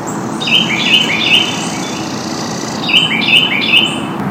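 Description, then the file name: Northern cardinal song: two bursts of three clear whistled notes in quick succession, separated by a short pause, over background noise. "cardinal"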